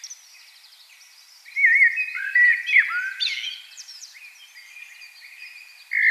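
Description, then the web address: Common blackbird delivering a warbled phrase of fluty whistles ending in squeaky twitters, followed by a quieter stretch and a new phrase starting at the end. "SETE data Turdus merula"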